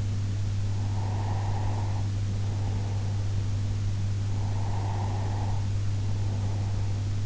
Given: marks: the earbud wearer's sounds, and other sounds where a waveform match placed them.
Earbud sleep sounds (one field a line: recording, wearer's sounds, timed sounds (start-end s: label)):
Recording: sounds in sleep by an in-ear microphone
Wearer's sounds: breath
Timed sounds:
0.73-3.38 s: breath
4.32-7.26 s: breath